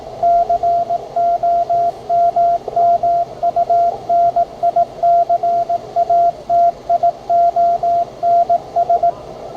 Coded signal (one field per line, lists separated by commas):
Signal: Morse code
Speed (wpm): 17 wpm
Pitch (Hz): 690 Hz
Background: radio noise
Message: COMMUNICATIONS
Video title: Morse Code Reader/Microcode Part 2